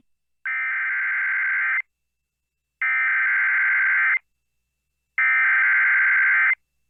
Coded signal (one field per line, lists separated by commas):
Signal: Emergency Alert System (SAME) tones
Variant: header bursts